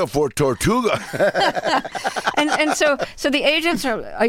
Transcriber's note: laughter